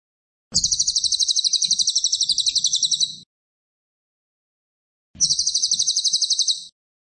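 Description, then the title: Cililin song: two high, fast pulsing trills, the first longer, the second shorter, separated by a couple of seconds of silence. Chattering cililin in tight, rapid bursts; suitable as a tutor recording (masteran) for murai (shamas). "Cililin AMPUH. Cililin gacor tembakan rapet cocok untuk masteran murai"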